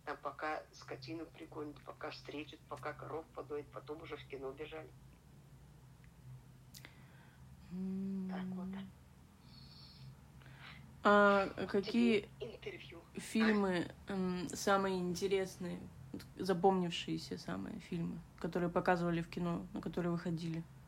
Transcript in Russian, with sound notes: Там пока скотину приконят, пока встретят, пока коров подоят, потом уже в кино бежали. Так вот.
[пауза] А какие фильмы самые интересные, запомнившиеся самые фильмы, которые показывали в кино, которые выходили?